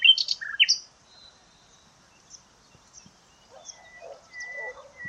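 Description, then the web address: Bird chirps: a few sharp, downward-slurred notes at the start, then quiet, then thin steady whistles and soft low notes toward the end. "Deverinetal 2025. Bird Only"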